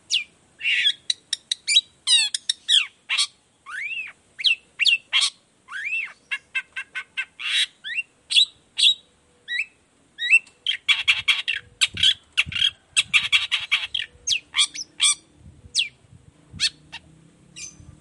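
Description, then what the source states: Long-tailed shrike song: a long varied medley of whistles, chirps, arched slurs and scratchy buzzing bursts, nearly continuous. Morning song, used as a lure so that other shrikes of any kind reply quickly and open their beaks; varied sound with 'toet toet' notes.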